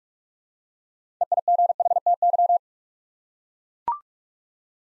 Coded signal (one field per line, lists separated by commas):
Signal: Morse code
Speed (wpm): 44 wpm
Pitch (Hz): 700 Hz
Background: none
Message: EIGHTY